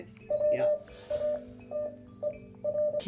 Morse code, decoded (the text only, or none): WATER